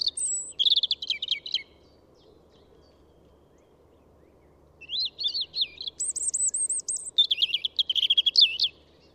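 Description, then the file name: European robin singing two separate phrases of high, sweet, jumbled notes split by a silent pause, the second phrase holding a very high, thin trill and fast twittering. "Erithacus rubecula"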